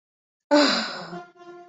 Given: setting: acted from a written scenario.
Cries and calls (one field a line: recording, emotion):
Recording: vocal sound without words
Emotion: contentment